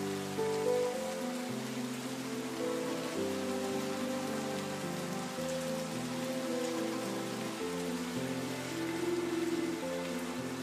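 Rain falls as a steady, dense hiss with no pauses and an even loudness throughout. Underneath, low sustained tones hold like soft chords, shifting to new notes every two seconds or so, with a few higher held notes drifting above them.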